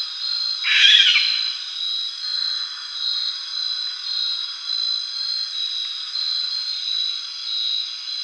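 Sulawesi masked owl, a single short rasping screech near the start, then only a steady pulsing high background chorus for the rest.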